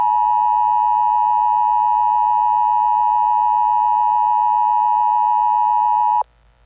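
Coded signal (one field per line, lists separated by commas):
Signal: Emergency Alert System (SAME) tones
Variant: 853 and 960 Hz attention tone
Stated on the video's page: Fictional EAS scenario; simulated, not a real alert.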